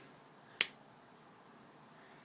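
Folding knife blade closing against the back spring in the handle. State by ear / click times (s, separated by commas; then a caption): seated / 0.6 s. A slipjoint pocket knife's steel blade is closed and snaps shut against the back spring in the handle with one sharp, loud snap at 0.6 s, a good strong "gator snap." The blade seats closed; otherwise only quiet background hiss is heard.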